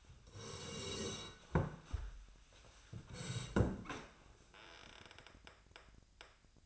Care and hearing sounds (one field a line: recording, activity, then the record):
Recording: daily activity, microphone in the room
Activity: sit down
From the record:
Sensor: 2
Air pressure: 1015.1 hPa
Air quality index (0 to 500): 126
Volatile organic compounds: 4 ppm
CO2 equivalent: 1622 ppm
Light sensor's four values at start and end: 10/23/9/10 and 11/32/12/14